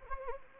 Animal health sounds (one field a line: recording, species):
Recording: mosquito wingbeat signal from an infrared sensor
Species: Anopheles gambiae